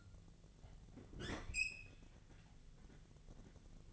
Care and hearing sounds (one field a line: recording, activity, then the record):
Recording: daily activity, microphone in the room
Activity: open fridge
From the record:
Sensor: 4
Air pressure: 1000.8 hPa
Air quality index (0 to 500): 133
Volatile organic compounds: 2 ppm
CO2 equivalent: 990 ppm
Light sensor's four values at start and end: 29/70/29/32 and 27/64/27/29